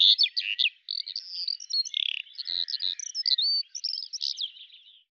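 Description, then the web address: Eurasian skylark song, a continuous rapid warble of high chirps, buzzy trills and slurred whistles, with only brief pauses. "Deverinetal 2025 File cleaned normalized Bird Al Ar"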